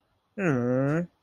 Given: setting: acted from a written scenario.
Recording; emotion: vocal sound without words; adoration